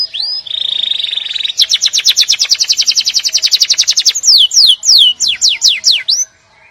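Canary song opening with a steady buzzy trill, then a fast series of bright descending whistled notes slowing into separate loud sweeps.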